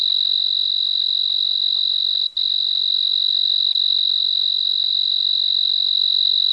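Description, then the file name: Tree cricket song: an unbroken, high, pure trill held at one pitch, with a split-second gap about a third of the way through. Recorded on 26 March 2011 at an air temperature of 24 °C. "Oecanthus pictus – Recorded at 26 03 2011 – 24 degree Celsius"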